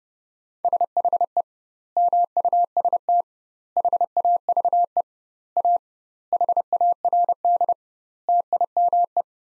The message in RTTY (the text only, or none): none